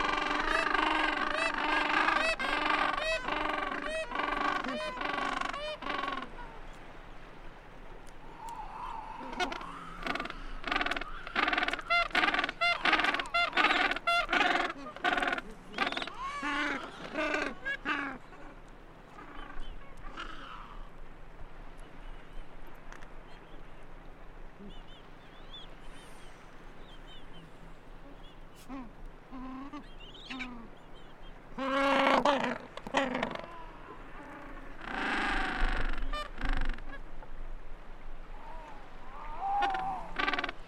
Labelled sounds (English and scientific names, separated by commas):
Gentoo Penguin (Pygoscelis papua) call